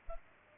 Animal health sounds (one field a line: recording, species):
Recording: mosquito wingbeat signal from an infrared sensor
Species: Culex pipiens